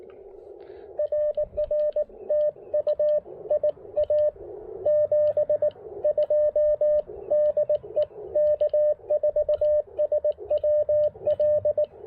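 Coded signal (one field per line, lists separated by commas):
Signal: Morse code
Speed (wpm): 19 wpm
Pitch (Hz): 600 Hz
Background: radio noise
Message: RR TU IA 72 DE K4SWL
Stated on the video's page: QRP CW POTA park activation with an Icom IC-705 into a Chameleon Tactical Delta Loop antenna on 10, 12, 15, 17 and 20 meters.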